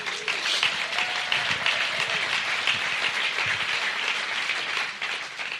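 A crowd applauds a pastor steadily for several seconds at a conference, a dense, continuous patter of many hands clapping at a fairly loud, even level with a few faint voices underneath.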